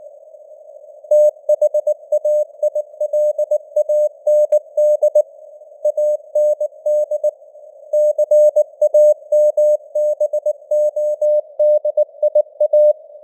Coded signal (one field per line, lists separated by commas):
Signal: Morse code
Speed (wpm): 19 wpm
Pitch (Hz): 600 Hz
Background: none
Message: THAILAND AND CAMBODIA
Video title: Morse Code News | 2025-12-27 | 19wpm